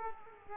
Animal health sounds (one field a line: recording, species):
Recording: mosquito wingbeat signal from an infrared sensor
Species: Culex quinquefasciatus